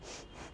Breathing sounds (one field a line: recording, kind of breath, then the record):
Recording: one breath in and out by a microphone near the nose and mouth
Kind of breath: strong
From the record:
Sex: female